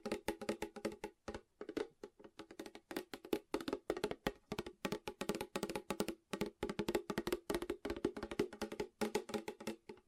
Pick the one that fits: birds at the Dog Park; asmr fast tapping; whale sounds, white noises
asmr fast tapping